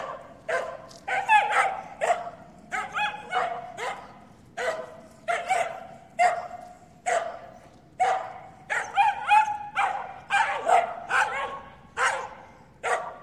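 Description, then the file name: Terrier barking repeatedly, sharp yapping barks, some in quick pairs. "Sound Ideas 2000 Series. Terrier Bark"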